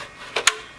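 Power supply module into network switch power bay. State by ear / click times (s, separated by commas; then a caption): seated / 0.5 s. A second modular power supply is slid into its bay at the back of a Cisco 3750X network switch until its connector and latch engage. A softer click at about 0.4 s is followed by a sharp, bright snap at 0.5 s as it seats in place.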